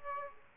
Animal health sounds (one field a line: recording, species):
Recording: mosquito wingbeat signal from an infrared sensor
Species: Aedes aegypti